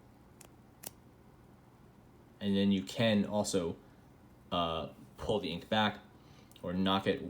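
After a failed press, the knock button of a metal Schmidt capless rollerball pen is pushed all the way down, giving two short clicks at 0.4 s and 0.9 s as the push-button mechanism latches. The clicks are damped rather than sharp, with a bit of ringing, and then someone talks.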